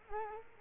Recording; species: mosquito wingbeat signal from an infrared sensor; Culex quinquefasciatus